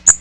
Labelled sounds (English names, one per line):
Magnolia Warbler flight call